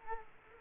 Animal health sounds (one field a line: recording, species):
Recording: mosquito wingbeat signal from an infrared sensor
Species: Culex quinquefasciatus